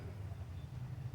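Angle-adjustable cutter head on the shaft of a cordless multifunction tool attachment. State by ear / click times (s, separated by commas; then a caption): not seated / none. The angle-adjustable cutter head on the shaft of a cordless multifunction tool attachment is handled with its red knob pulled back, ready to swing toward the next angle position. A steady low rumble sits under the sound with no sharp transients. Nothing has seated or clicked yet; the head has not locked into position.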